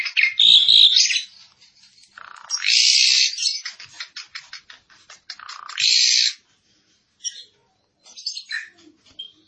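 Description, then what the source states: Asian pied starling giving loud, grating screechy bursts separated by clicks and chatter, with a few thin whistles near the end. Full song with fill-in phrases (full isian song style).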